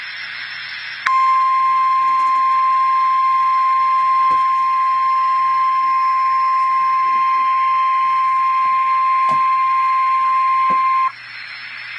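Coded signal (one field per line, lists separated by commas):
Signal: Emergency Alert System (SAME) tones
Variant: 1050 Hz attention tone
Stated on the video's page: Tornado warning on NOAA Weather Radio.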